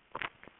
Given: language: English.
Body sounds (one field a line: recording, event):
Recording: throat vibration sensor signal played as sound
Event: swallow